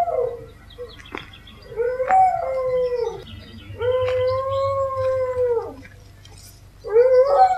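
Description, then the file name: Dog howling in broken phrases: short wavering notes lead into a long, steady, sustained howl, followed by the start of another. "hurlement chien"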